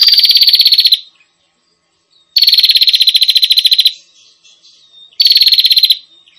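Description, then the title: Prinia calling in three dense, harsh trilled bursts of fast repeated notes, the first cut off at the start, with quiet gaps between. Noisy calling of prinias, used as a lure to attract prinias, including red-headed and visiting birds. "Suara Prenjak Ribut Buat Pikat Burung Prenjak Kepala Merah Prenjak Tamu"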